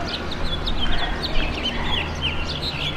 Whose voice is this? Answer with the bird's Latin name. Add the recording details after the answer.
Haemorhous mexicanus. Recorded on Long Island, New York, on 23 June 2012. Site AP. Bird C